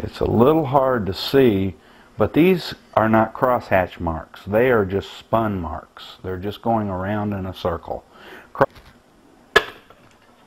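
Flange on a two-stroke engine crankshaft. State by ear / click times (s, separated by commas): released / 9.6 s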